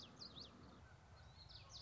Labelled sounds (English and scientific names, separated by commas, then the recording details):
Common Yellowthroat (Geothlypis trichas)
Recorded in Sonoma County, California